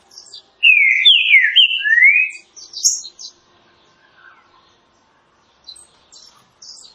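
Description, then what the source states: Green-winged saltator singing a rich, slurred whistled phrase of several sweeping notes, followed by thin high chirps and scattered faint calls. Classic song style (canto clássico) used for training birds.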